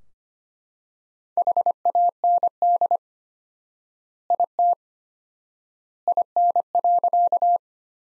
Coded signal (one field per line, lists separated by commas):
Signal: Morse code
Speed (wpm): 25 wpm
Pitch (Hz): 700 Hz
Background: none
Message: HAND IT IN.